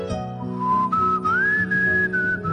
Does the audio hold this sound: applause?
no